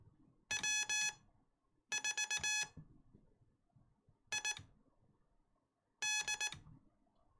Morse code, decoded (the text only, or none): W4ID